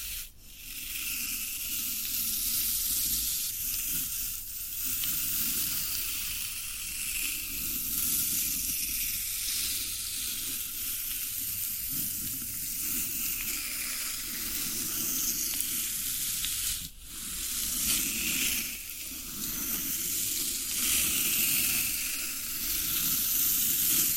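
Floral foam crackles and fizzes without a break, a dense, bright sizzle like food frying, over a soft low rustle. The texture holds steady for the whole stretch, with brief dips around 4 and 17 seconds before the crumbling resumes.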